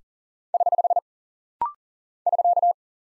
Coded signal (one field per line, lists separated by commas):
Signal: Morse code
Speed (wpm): 39 wpm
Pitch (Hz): 700 Hz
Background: none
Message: <HH> <SK>